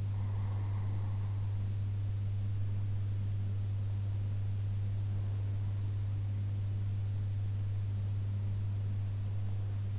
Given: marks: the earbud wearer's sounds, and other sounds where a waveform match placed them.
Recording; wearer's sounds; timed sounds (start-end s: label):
sounds in sleep by an in-ear microphone; breath
0.00-1.36 s: breath